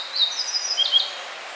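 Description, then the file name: Yellow bunting giving a high, sibilant song phrase of sliding notes over steady faint noise. "Emberiza sulphurata"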